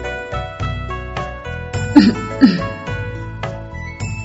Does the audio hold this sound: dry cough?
yes